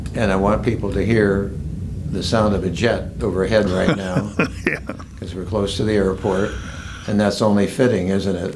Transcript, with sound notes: And I want people to hear the sound of a jet overhead right now…
(Laughing) Yeah.…
because we're close to the airport—and that’s only fitting, isn’t it?